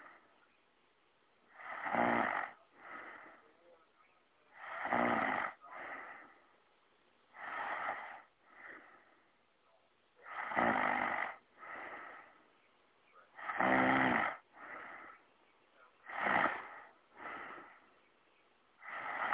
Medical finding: Young Woman Snoring.